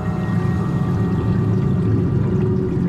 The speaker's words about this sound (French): Gargouillement des bulles qui se perdent dans le noir.